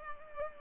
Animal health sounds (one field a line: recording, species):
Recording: mosquito wingbeat signal from an infrared sensor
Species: Culex pipiens